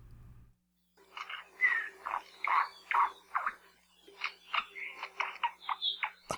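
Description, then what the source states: Ākohekohe calling with a rapid series of harsh, buzzy notes, some with a brief whistled slur, over a faint steady hum. Endangered native Hawaiian bird with a singular call.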